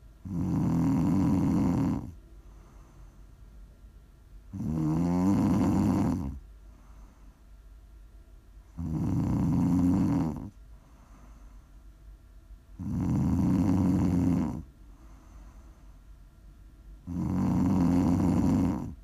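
Regular loud, low rumbling snores about 14 a minute, with quiet breathing in between; ordinary sleep snoring from an adult sleeper.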